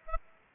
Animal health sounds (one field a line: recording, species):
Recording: mosquito wingbeat signal from an infrared sensor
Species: Aedes aegypti